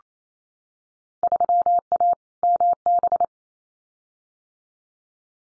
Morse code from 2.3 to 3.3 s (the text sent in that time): MB